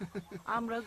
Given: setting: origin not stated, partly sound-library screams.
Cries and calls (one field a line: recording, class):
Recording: one-second piece from a danger detection set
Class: normal situation